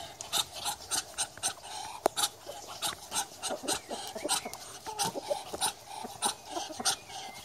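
Muscovy duck making short raspy, breathy puffs in quick succession.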